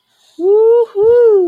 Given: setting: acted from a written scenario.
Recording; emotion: vocal sound without words; elation